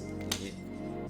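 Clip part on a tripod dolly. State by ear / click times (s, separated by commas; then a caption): seated / 0.3 s. A clip part on a new tripod dolly is pushed together and snaps into place with a single sharp click at 0.3 s, over steady background music. The part is seated and can be unclipped the other way.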